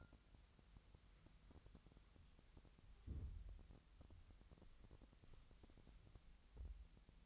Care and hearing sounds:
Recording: daily activity, microphone in the room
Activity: wipe stove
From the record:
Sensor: 3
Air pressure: 1003.3 hPa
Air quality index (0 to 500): 200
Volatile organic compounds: 7 ppm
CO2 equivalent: 1954 ppm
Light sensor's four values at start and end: 10/25/10/11 and 10/24/10/11

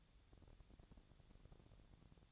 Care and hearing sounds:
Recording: daily activity, microphone in the room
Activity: take from stove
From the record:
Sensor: 3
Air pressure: 999.3 hPa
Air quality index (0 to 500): 199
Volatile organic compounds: 46 ppm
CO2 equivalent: 3247 ppm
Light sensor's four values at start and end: 7/17/7/6 and 7/17/7/6

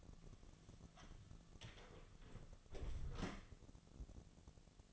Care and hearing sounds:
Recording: daily activity, microphone in the room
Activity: close door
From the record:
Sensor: 4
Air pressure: 1001.3 hPa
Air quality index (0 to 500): 182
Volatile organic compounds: 2 ppm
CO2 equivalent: 1305 ppm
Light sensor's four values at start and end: 14/32/13/13 and 16/37/15/15

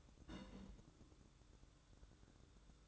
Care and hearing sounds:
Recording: daily activity, microphone in the room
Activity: place on stove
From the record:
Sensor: 3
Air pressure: 1008.1 hPa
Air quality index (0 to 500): 126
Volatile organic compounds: 2 ppm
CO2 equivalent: 1043 ppm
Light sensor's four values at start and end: 9/21/8/8 and 9/21/8/8

